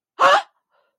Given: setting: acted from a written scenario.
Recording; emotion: vocal sound without words; negative surprise